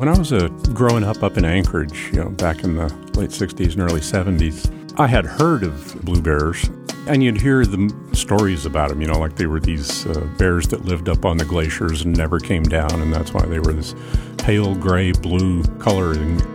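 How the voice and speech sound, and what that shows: An adult tells a childhood story in fluent, clear, relaxed speech with a low-pitched voice and few pauses; ordinary typical speech.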